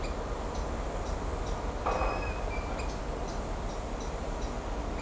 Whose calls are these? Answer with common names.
none